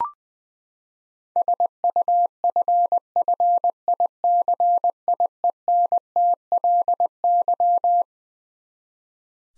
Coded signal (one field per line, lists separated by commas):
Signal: Morse code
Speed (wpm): 20 wpm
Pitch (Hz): 700 Hz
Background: none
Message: SUFFICIENTLY